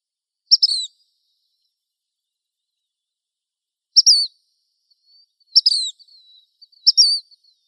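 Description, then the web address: Black phoebe giving brief, bright downslurred chip notes, a lone note followed after a pause by three more evenly spaced ones, faint softer notes between. Arizona. "Flycatchers BLPH"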